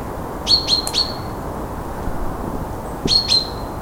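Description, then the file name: Common chaffinch calls: short bright metallic notes in a quick group of three, then a pair a couple of seconds later, over steady low background hiss. "Fringilla coelebs"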